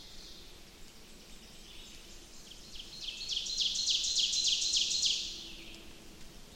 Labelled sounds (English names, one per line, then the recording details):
Ovenbird song
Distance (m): 45 m
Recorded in boreal forest in Alberta, Canada, on 28 May 2016 at 06:12
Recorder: SongMeter 3, array SBT-3-49
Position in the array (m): 77 m, 237 m
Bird 14